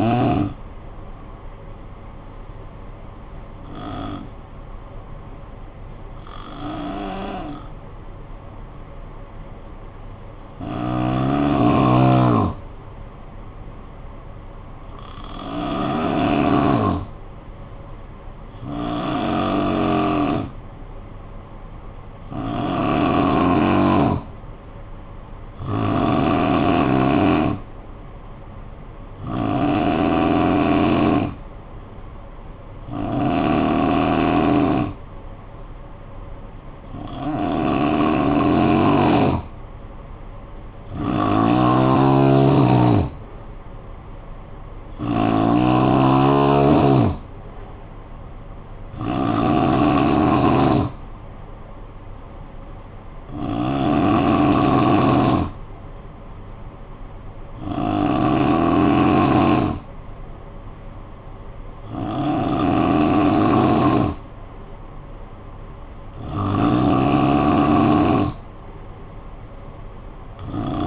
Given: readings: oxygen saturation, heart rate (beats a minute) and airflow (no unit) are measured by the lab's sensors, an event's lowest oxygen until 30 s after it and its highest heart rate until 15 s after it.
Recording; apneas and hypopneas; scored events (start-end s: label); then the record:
breathing in sleep by a smartphone at the bedside; 1
4.00-36.70 s: hypopnea (N3, oxygen 94% highest, then 85% lowest, heart rate 54 at the start, 58 highest)
From the record:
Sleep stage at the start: N3 (deep sleep); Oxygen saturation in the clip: 85 to 94%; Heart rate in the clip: 48 to 67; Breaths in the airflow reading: 18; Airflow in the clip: -7.4 to 5.0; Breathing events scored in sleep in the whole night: 445 in 7.6 hours asleep